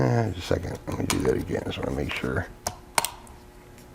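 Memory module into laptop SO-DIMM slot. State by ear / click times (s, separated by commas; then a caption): seated / 2.7 s, 3.0 s. A memory module is pressed a second time into the SO-DIMM slot of an MSI GS63 Stealth laptop to make sure its latches are fully engaged. Someone talks, then two sharp snaps ring out at 2.7 and 3.0 seconds. The module is seated.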